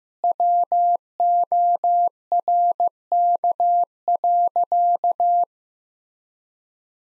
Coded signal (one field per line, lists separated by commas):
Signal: Morse code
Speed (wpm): 15 wpm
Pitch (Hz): 700 Hz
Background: none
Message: WORK.